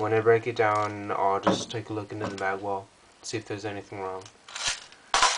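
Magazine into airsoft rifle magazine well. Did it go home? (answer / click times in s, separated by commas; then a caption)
yes / 5.1 s. Someone talks while pushing a plastic/metal magazine up into the magazine well of a G&G Combat Machine M4 airsoft rifle; the magazine moves up and down and is hard to press home. After the struggle, a sharp, loud hit at 5.1 s marks the magazine clicking into place and seating.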